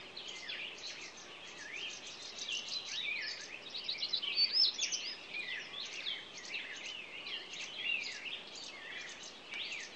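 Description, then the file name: Songbirds chirping and warbling together, many quick high notes overlapping, a louder bright phrase near the middle, with light hiss underneath. Morning songbirds. "Echoes Of Nature-Morning Songbirds"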